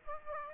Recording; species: mosquito wingbeat signal from an infrared sensor; Aedes aegypti